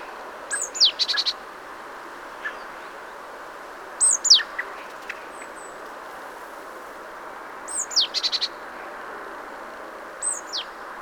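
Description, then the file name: Great tit calls: high, falling whistles, sometimes trailed by a short run of dry, buzzy chatter notes, given four times with pauses against a hissing background. "Parus major"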